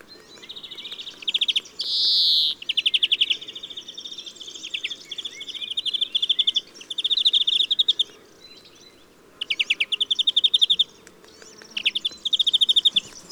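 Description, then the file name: European greenfinch singing, with rattling trills in several bursts and a short wheezy buzz near the start. "Chloris chloris"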